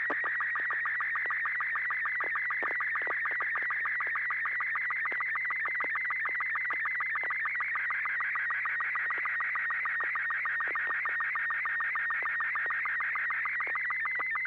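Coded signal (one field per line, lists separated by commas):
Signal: SSTV (slow-scan television)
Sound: continuous warbling whine with rapid regular ticking pulses, like a fast scanning chirp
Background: low hum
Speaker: I've got a different piece of hardware that see if it'll work. Stand by.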